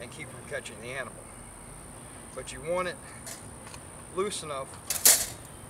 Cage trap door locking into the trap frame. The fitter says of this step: that just a tug on that bait can makes the door fire and lock make sure that locks in place